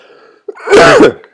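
A short intake of breath is followed by a single loud, explosive burst lasting under half a second. It has a rough, partly voiced quality and stands out in a quiet room. It is a lingering cough in an adult man after a bad bout of influenza this winter, returning now and then.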